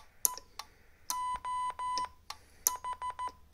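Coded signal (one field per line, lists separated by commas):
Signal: Morse code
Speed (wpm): 14 wpm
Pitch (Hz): 1000 Hz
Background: none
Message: E OH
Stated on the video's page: CW sent with a Chinese paddle on a Yaesu FT817 into a portable SPX-100 nine-band antenna with single counterpoise during a demo.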